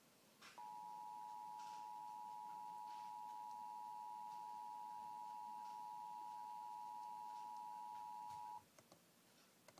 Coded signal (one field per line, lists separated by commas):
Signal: Emergency Alert System (SAME) tones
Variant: 853 and 960 Hz attention tone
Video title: EAS Duffy Street